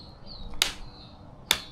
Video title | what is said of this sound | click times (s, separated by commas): Kings rechargeable lithium vacuum sealer | and you push it down till it clicks both ends. | 0.6 s, 1.5 s